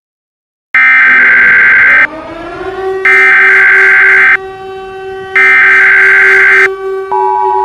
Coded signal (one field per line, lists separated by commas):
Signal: Emergency Alert System (SAME) tones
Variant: header bursts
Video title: EAS Scenario #7: Mini Scenario- Russian Missile Threat